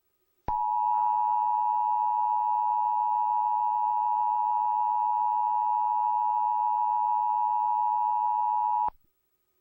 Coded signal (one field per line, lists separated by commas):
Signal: Emergency Alert System (SAME) tones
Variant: 853 and 960 Hz attention tone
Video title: (Requested scenario RJ the greatest 3) Eas Chicago r Mt